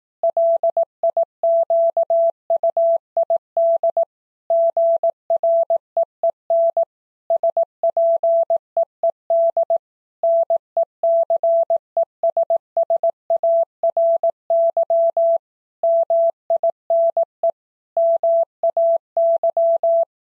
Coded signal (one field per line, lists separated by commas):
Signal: Morse code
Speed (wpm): 18 wpm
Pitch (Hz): 670 Hz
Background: none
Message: LIQUID GREEN SPEED NECESSARY MINE MAY